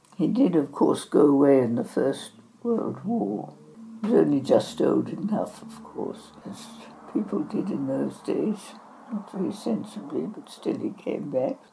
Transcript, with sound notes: He did of course go away in the First World War, but only just old enough of course, as [traffic noise] people did in those days; not very sensibly, but still, he came back.